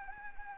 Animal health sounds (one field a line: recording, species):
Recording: mosquito wingbeat signal from an infrared sensor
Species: Anopheles arabiensis